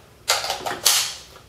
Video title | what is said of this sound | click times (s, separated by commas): SRC Beta Spetsnaz review | clicks into place very nicely | 0.9 s